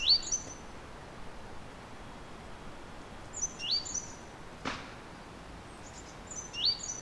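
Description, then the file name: Great tit producing thin, high notes in brief pairs and trios, one sharp click midway, steady faint hiss throughout. "Parus major"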